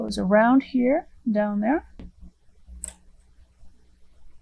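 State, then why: Seated. Someone talks as a plastic bobbin that was not seated properly in a Brother sewing machine's bobbin case is reseated, with the thread guided around and the bobbin pressed down. A faint tap comes at 2.0 s, then a sharp click at 2.8 s as the bobbin seats into the bobbin case.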